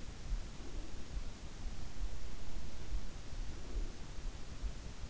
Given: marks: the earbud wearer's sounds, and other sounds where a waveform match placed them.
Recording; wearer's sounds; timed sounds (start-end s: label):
sounds in sleep by an in-ear microphone; breath
0.37-1.53 s: breath
3.33-4.44 s: breath